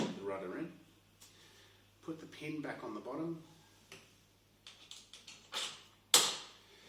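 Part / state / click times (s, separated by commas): pivot pin into kayak rudder mount / seated / 6.1 s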